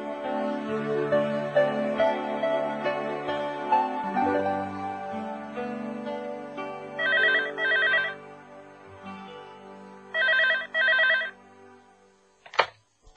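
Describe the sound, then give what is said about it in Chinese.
An office telephone rings twice, each ring a bright, trilling double burst, over soft sustained music that plays throughout, ending with a short clack. “哈，你打嚟 office， 我又未走，咁啊，梗系揾到噶啦。”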